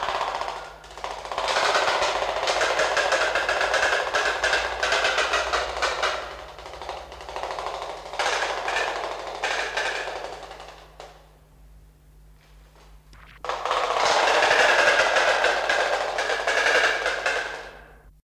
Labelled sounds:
Jabiru (Jabiru mycteria) call
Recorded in captivity
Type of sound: call
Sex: pair
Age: adult
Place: Zoo Frankfurt, Hessen, DE
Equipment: Halbspur, 9,5 cm/s
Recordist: Lütgens, Hans
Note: Rufe

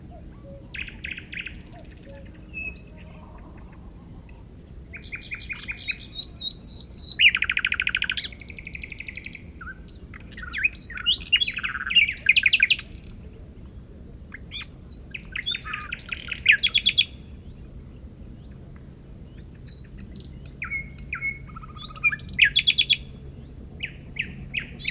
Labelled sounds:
Common Nightingale (Luscinia megarhynchos) song
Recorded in the wild
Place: Retgendorf, Mecklenburg-Vorpommern, DE
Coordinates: 53.729, 11.504
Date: 1972-06-13 21:00
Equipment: Nagra III BH, Sennheiser MD 21, parabola
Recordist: Schubert, Michael

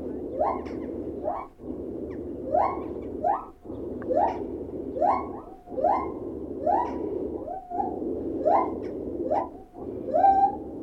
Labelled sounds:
Lar Gibbon (Hylobates lar)
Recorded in captivity
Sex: pair
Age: adult
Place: Tierpark Berlin, Berlin, DE
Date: 1969-12-21
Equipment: Uher 4200 Report Stereo, Transistorverstärker II, Sennheiser MD 421, Doppelspuraufnahme
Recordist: Tembrock, Günter

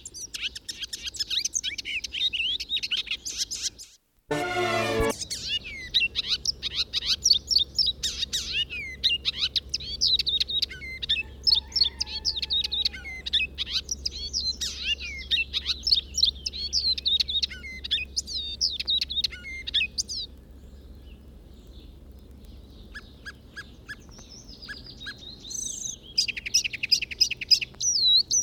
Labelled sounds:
Icterine Warbler (Hippolais icterina) song
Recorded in the wild
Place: Bergen, Insel Rügen, Mecklenburg-Vorpommern, DE
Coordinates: 54.4135, 13.432
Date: 1969-05-31
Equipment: Nagra III BH, Sennheiser MD 21, parabola
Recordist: Schubert, Michael

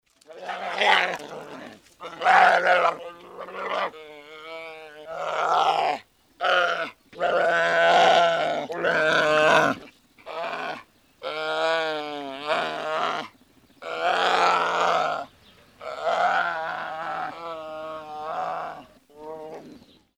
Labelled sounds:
Brown Bear (Ursus arctos)
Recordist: Tembrock, Günter
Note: Rufe eines halbwüchsigen Jungtieres

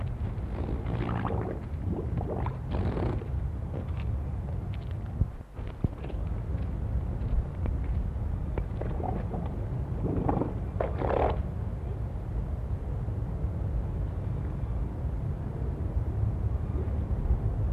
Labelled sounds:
Harbor Seal (Phoca vitulina)
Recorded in captivity
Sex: male
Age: adult
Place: Zoo Berlin, Berlin, DE
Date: 1960-11-26 16:00
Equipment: Minifon, Kopie Smaragd
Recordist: Tembrock, Günter

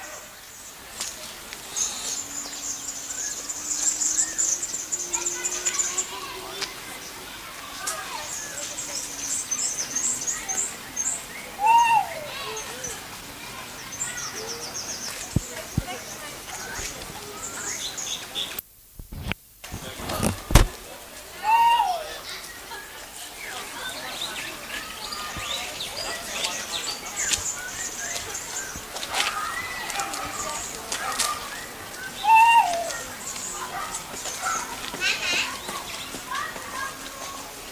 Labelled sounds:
Trumpet Manucode (Phonygammus keraudrenii) call
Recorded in captivity
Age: adult
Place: Zoo Berlin, Berlin, DE
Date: 2008-09-14 15:03
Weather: overcast, ca. 14°C
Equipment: Sony WM-D6C, Sennheiser ME 80, Kopie Uher 4000 Report Monitor
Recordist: Tembrock, Günter

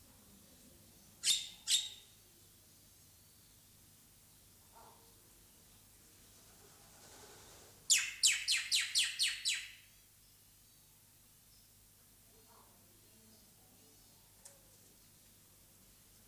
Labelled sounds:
Black-winged Starling (Acridotheres melanopterus) call
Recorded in captivity
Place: Zoo Berlin, Berlin, DE
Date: 2003-09-26 16:30
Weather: fair, 16-17°C
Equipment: Fair Mate ST-1328 (Asahi Electronics, Japan), Sennheiser ME 80, Kopie Uher 4000 Report Monitor
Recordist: Tembrock, Günter

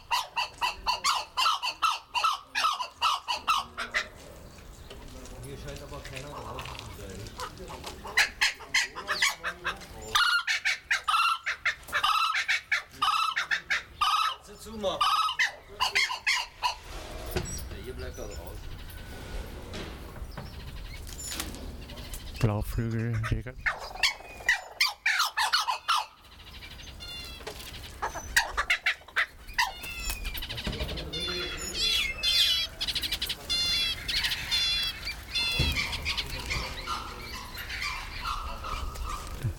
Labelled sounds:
Blue-winged Kookaburra (Dacelo leachii) call
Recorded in captivity
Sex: pair
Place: Zoo Berlin, Berlin, DE
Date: 1996-04-06 15:55
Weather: heiter, 10 - 16°C
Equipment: Sony MD-WM MZ-R3, Sennheiser MKH 416 T, Kopie Uher 4000 Report Monitor
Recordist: Tembrock, Günter

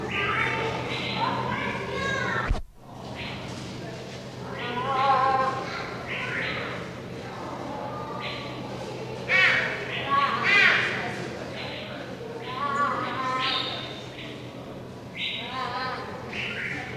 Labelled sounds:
Clouded Leopard (Neofelis nebulosa)
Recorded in captivity
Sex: male
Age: adult
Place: Tierpark Berlin, Berlin, DE
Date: 1982-10-09 11:19
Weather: bedeckt-sonnig, etwas böiger Wind, 10-13°C
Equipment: Nagra SN, Kopie Uher 4200
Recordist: Tembrock, Günter

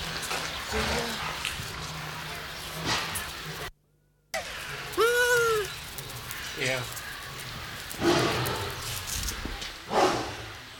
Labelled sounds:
Bush Dog (Speothos venaticus)
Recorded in captivity
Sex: pair
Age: adult
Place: Zoo Berlin, Berlin, DE
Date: 1993-10-16 11:43
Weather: heiter, 6-10 °C
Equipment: Marantz CP 430, Sennheiser MKH 416 T, Kopie Uher Variocord 263
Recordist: Tembrock, Günter

